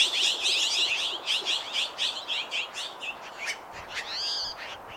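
Mexican jay calls: a rapid series of many harsh, noisy notes, ending with a longer, more tonal note.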